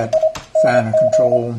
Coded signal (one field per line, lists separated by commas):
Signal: Morse code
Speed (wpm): 25 wpm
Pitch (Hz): 630 Hz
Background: speech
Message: ING